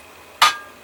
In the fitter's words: There we go. Hear that snap? It's on.